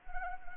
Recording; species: mosquito wingbeat signal from an infrared sensor; Anopheles arabiensis